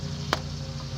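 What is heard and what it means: On a 2001 Honda Accord four-cylinder VTEC engine during a spark plug replacement, an ignition wire is routed back to where it came from and snapped into its plastic retaining clip. A single sharp, bright snap at 0.3 s rises above a steady low hum and broadband background noise as the wire seats in the clip.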